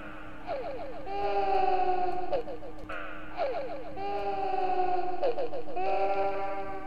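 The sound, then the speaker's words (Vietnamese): A child wails in long, rising and falling cries, broken by short sobbing gasps, over a low droning hum that gives it an eerie, ghostly feel. “Ông Hải còn chưa kịp định thần, đang suy nghĩ thì ông nghe có tiếng trẻ con khóc.”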